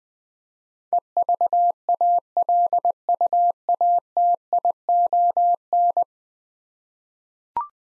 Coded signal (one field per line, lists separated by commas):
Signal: Morse code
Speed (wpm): 20 wpm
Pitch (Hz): 700 Hz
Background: none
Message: EVALUATION